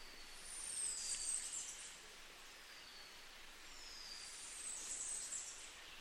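Rufous-throated solitaire song: high, thin whistled phrases, sliding and fluty, given in two bursts over a steady hiss of background noise.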